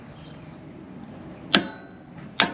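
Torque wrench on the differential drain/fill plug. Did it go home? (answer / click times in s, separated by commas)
yes / 2.4 s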